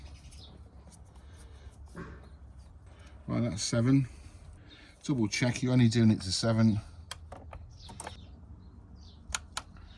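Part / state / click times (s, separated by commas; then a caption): click-type torque wrench tightening a coil nut on an engine / torque reached / 9.3 s, 9.6 s. A click-type torque wrench set to 7 Nm tightens the nut holding an ignition coil over a spark plug on a Range Rover Supercharged V8 engine. Someone talks over low background noise, with a few short ticks around 7.1 to 8.1 s. The wrench breaks over with sharp clicks at 9.3 s and 9.6 s, reaching the 7 Nm setting.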